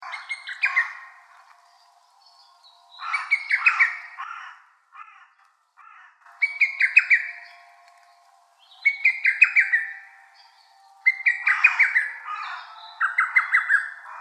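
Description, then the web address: Lesser cuckoo calling in loud bursts of five or six quick, slightly descending whistled notes, repeated every few seconds. Recorded on 10 May 2015. "birdenaga hototogisu"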